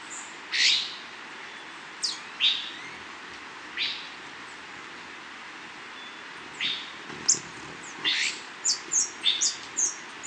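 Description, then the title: Scale-throated Hermit calls, sharp high chirps scattered irregularly, a few widely spaced at first, then a quicker cluster of thin notes near the end. Subspecies eurynome, assumed from location. "LuckyPassaro Completos2Sama. Scale-throated Hermit (Phaethornis eurynome eurynome (ssp assumed from location))"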